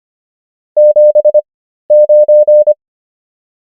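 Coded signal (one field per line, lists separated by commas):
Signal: Morse code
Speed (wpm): 25 wpm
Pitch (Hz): 600 Hz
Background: none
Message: 79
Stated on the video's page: Morse number practice at 25 wpm character speed and 13 wpm word speed (Farnsworth spacing).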